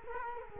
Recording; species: mosquito wingbeat signal from an infrared sensor; Culex quinquefasciatus